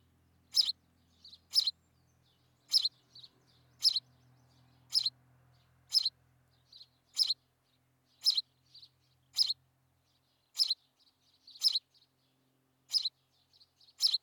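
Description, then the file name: House sparrow repeating chirps about once a second, soft twitters between, with a low engine-like hum underneath for the first half. "Passer domesticus"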